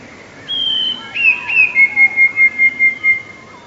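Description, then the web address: Eurasian blue tit song, opening with a thin high whistle and two short falling notes before a quick trill of several ringing notes. "wroblowe teka 2 spiew 2. wroblowe teka modraszkoteka"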